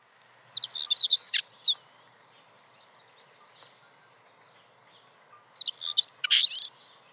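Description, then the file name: European stonechat song: two short, scratchy, twittering phrases of high chirps, about five seconds apart, with quiet in between. "svarthakad buskskvatta"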